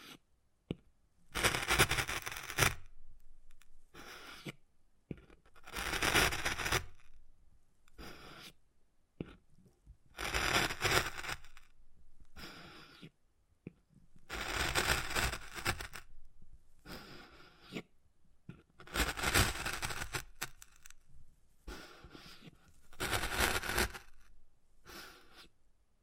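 Wood carving with tapping and scratching comes in repeated bursts, each lasting one to two seconds and separated by short silences. The bursts are dense, gritty and bright, with rapid clicks and scrapes inside them. Around seven such passes occur across the recording.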